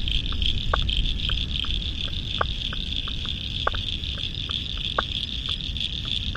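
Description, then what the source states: Frog chorus with frequent short tapping notes, several every second, layered over a steady high trill and deep rumbling background. Spring frog chorus at dusk beside the South Pacific Ocean, Royal National Park, Australia, November 2015.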